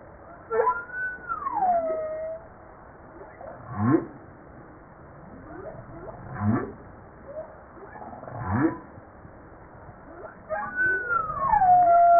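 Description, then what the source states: Humpback whale song: a looping whistled moan rising then falling, with repeated low rising whoops and grunts in between, against a steady underwater hiss. Recorded 5 March 1994.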